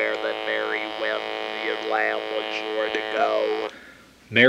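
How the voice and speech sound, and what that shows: Steady mechanical buzz at one fixed pitch carries the words of 'Mary had a little lamb', with no natural pitch change: electrolarynx speech by an adult.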